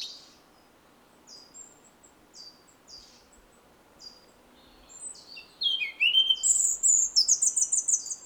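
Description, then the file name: European robin song: faint, high, thin notes at first, then a loud, rich phrase of sliding whistles and fast trills. "Erithacus rubecula"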